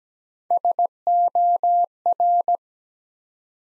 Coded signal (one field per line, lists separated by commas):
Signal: Morse code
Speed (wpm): 17 wpm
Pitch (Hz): 700 Hz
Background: none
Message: SOR